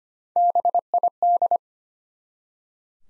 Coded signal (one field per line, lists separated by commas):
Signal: Morse code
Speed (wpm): 25 wpm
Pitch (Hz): 700 Hz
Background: none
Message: BID